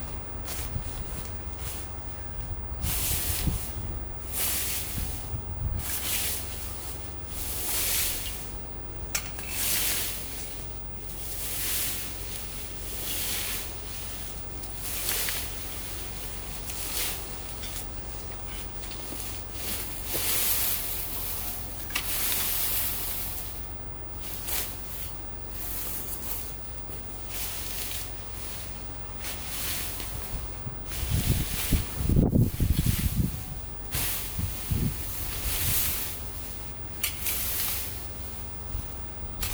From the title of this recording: Mowing the weeds and Pruning branches a bit in the back yard